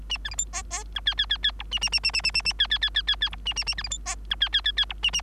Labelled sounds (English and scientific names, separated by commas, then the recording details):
Bengalese Finch (Lonchura striata domestica) song
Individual Bird3